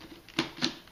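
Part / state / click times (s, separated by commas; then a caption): replacement battery pack into cordless stick vacuum body / seated / 0.4 s, 0.6 s. A BATTIZ V6 replacement battery pack is fitted into a Dyson cordless stick vacuum: its front clip is hooked into its hole first, then the rear plastic latch is pressed home. Two sharp plastic clicks sound at 0.4 s and 0.6 s over a quiet background as the battery snaps into place, fully seated.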